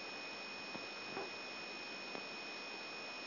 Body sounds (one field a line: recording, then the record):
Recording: brain microelectrode recording played as sound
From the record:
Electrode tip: outside the subthalamic nucleus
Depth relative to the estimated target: 1 mm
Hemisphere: right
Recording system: AlphaMap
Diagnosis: Parkinson's disease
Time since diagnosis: 14 years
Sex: male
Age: 66 years